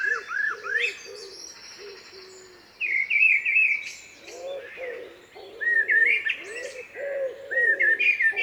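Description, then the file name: Common blackbird song: slurred, whistled phrases coming in bursts, with other birds calling in the background. "Turdus merula"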